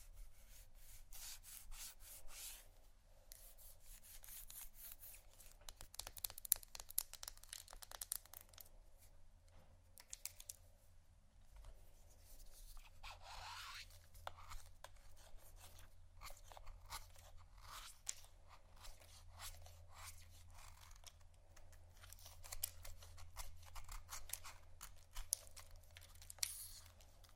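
A blade scrapes and shaves at soap or candle wax in quick, uneven strokes, a dense run of small scratchy clicks that rarely lets up. A few brief pauses break the carving near the start and around eleven seconds. A low steady hum runs underneath throughout.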